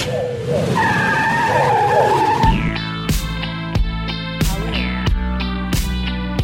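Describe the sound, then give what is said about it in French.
An opening jingle for a car quiz segment: screeching tires skid with high, wavering squeals for a couple of seconds, then a punchy music jingle kicks in with steady, sharp percussive hits over sustained synth tones. “Allez, on va passer tout de suite aux voitures au quiz.”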